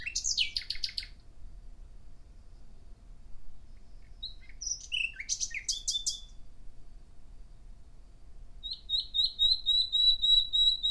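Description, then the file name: Common nightingale song with rich, varied phrases: a rattling opening burst, scattered chirps and trills, then a crescendo of rapidly repeated piping whistles, over faint low rumble. "Nachtigall"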